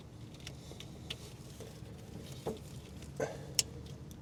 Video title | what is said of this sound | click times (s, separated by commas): Chinese Mini Skid Steer Gas Gauge Repair — Simple Fix! | Not sure if you could hear that, but it did just click, which is great. | 3.6 s